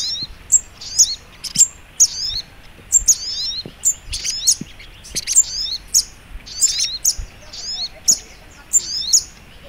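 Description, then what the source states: Little spiderhunter song, a lively stream of shrill chirps and twittering trills in close-set bursts, with faint background hiss. Masteran training recording, labelled Labaik.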